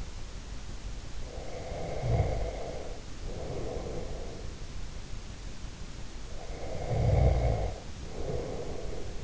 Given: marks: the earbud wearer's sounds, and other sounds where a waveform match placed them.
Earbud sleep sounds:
sounds in sleep by an in-ear microphone; breath, snoring breath
1.30-4.67 s: breath
6.38-9.24 s: snoring breath

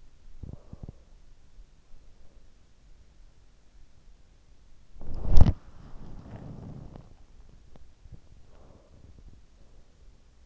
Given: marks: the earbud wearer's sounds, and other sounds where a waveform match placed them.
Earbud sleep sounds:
sounds in sleep by an in-ear microphone; body movement, breath
0.00-1.28 s: body movement
0.29-2.90 s: breath
4.74-9.25 s: body movement
8.33-10.46 s: breath

